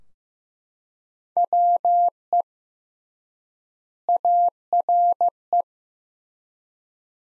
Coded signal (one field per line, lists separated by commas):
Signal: Morse code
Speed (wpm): 15 wpm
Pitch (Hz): 700 Hz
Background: none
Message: WE ARE